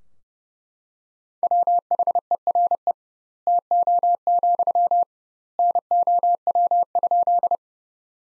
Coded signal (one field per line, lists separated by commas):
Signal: Morse code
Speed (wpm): 30 wpm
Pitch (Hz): 700 Hz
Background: none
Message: WHERE TO, NOW?